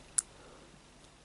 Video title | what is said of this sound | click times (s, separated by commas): REVIEW: Aspire Triton | little ridges and it clicks into place there. | 0.2 s